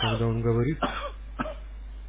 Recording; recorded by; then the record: voluntary cough; telephone call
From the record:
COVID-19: positive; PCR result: checked with the laboratory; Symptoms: no